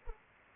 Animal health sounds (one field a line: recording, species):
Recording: mosquito wingbeat signal from an infrared sensor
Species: Anopheles arabiensis